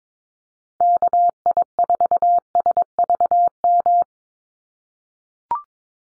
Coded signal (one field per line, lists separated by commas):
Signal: Morse code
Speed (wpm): 22 wpm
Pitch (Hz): 700 Hz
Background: none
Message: KI4SVM